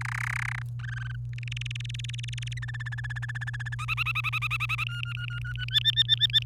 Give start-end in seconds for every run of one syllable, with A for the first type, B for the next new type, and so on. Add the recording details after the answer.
0.01-0.62 A, 0.79-1.16 B, 1.33-2.53 C, 2.57-3.75 D, 3.79-4.84 E, 4.87-5.65 F, 5.68-6.43 G. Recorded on 28 April 2018 at 05:47. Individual llb3